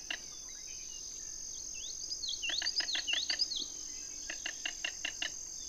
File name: King rail